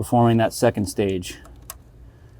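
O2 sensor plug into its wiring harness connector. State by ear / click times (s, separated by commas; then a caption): seated / 1.7 s. Someone talks while the O2 sensor electrical connector on a 2018–2024 BMW G01 X3 / G02 X4 M40i with the B58 engine is pushed by its outer body into its wiring harness connector. At 1.7 s a single sharp tick sounds as the connector slides fully in and its second-stage secondary lock engages. The connector is seated.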